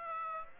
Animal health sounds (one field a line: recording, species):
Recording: mosquito wingbeat signal from an infrared sensor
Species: Aedes aegypti